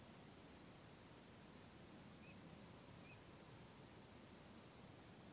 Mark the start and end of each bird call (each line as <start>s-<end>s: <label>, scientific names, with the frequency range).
2.23s-2.33s: Anas crecca (2.4-2.7 kHz)
3.05s-3.16s: Anas crecca (2.3-2.6 kHz)